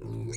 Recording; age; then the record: pig call; weaner (32 to 43 days)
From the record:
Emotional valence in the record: negative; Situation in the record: novel object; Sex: female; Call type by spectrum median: low-frequency call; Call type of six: mixed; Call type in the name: high-frequency modulated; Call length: 0.36 s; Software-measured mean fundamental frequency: 98 Hz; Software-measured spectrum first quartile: 169 Hz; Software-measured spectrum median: 477 Hz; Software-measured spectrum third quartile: 5197 Hz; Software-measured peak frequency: 355 Hz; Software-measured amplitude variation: 84 dB a second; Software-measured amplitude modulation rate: 34.7 a second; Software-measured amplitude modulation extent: 2.4 dB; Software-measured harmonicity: -1.2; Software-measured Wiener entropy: -6.08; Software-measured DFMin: 624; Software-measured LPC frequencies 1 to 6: 313, 2209, 3955, 4342, 5627, 6677 Hz